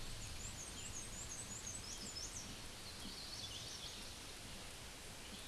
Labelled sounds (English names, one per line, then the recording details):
Black-and-white Warbler song
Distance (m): 55 m
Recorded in a Pennsylvania forest on 18 May 2023 at 14:00
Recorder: AudioMoth, point grid1_29_low
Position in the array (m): 85 m, 94 m